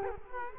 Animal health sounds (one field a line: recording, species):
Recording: mosquito wingbeat signal from an infrared sensor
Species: Culex quinquefasciatus